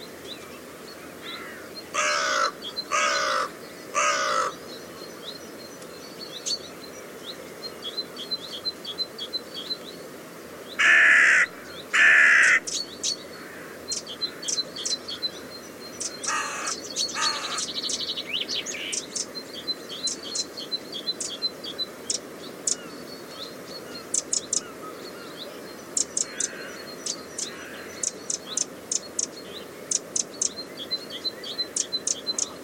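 Dunescape at Studland Nature Reserve, with a steady soft hiss underneath and frequent thin, high clicks and ticks throughout. Loud harsh caws break in around 2–4 seconds, again near 11–12 seconds and about 16–17 seconds, with quieter bird chirps scattered between.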